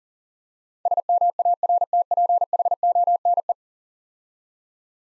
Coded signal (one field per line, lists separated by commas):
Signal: Morse code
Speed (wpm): 40 wpm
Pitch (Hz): 700 Hz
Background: none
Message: SMARTPHONE